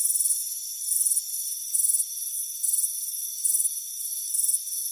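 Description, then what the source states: Crickets giving shrill trilled chirps about once every second, separated by a quieter steady buzzing hum. Chirping crickets on a warm afternoon at a front porch.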